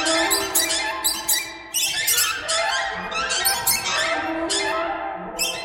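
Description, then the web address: Birds calling with loud, scratchy squawks. Bursts follow each other rapidly and the calls overlap. "soundfactory birds"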